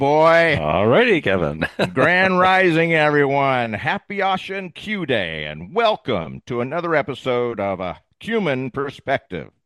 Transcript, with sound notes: Alrighty, Kevin. (laughs)
Grand rising, everyone. Happy Asha and Q Day, and welcome to another episode of A Human Perspective.